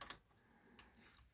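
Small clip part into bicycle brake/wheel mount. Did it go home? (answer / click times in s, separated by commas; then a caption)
no / none. While a bicycle wheel is being refitted, a small clip-in part, possibly a brake quick-release or cable fitting, is handled at its brake/wheel mount. Sharp ticks sound at about 0.0, 0.1 and 0.8 seconds over a faint background. Nothing has seated or clicked into place yet.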